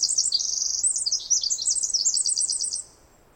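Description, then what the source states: Pacific wren song already underway, a fast run of shrill trills and warbles ending after nearly three seconds, followed by quiet hiss. Bird singing in trees above the microphone, then flying down closer, very loud; Snider Jackson/Rugged Ridge trail, May 11-13, 2018, morning after dawn chorus; unmastered recording.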